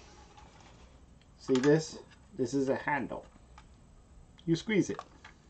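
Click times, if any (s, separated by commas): none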